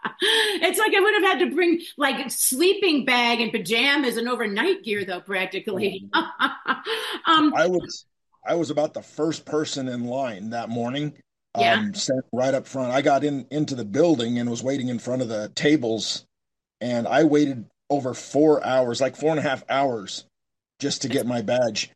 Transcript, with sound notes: It's like, I would have had to bring, like, sleeping bag and pajamas and overnight gear though, practically. (laughs) Um...
I was, I was about the first person in line that morning.
Yeah.
Um, sat right up front. I got in, into the building and was waiting in front of the tables, and I waited over four hours, like four and a half hours, just to get my badge.